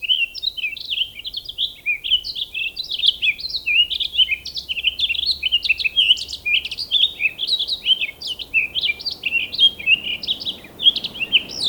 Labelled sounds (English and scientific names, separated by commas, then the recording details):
Townsend's Solitaire (Myadestes townsendi) song
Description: Townsend's Solitaire song recorded in Hollowell Park in Rocky Mountain National Park
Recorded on 19 May 2016